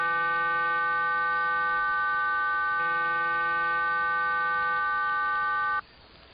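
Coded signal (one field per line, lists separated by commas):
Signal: numbers station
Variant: HM01 RDFT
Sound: dense steady chord of many parallel tones for about six seconds, then abrupt hiss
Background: radio static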